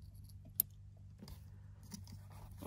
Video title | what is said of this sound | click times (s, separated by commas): QuadLock connector audio channels mixup fix (repining terminals) | it's pretty simple just push it and wait for the click | 0.6 s